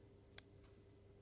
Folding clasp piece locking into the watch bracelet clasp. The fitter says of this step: falling perfectly in place with those bearings and the same here when this clicks over